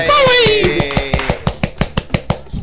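A steady run of about fifteen sharp hand claps in quick, even rhythm, loud and crisp, with a high sliding vocal cry fading out over the first claps.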